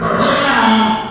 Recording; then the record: squeal of a Yucatan mini pig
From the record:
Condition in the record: after surgery on the right vocal fold (resection and tissue-engineered implant); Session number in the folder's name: 15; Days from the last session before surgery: 175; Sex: female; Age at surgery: 19 weeks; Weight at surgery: 25 kg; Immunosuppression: prednisolone